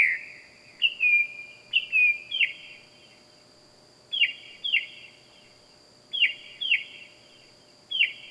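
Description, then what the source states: Bird calls: loud, sharp downslurred chirps, mostly in pairs, with pauses between groups, over a steady high-pitched hum. Loud calls at night.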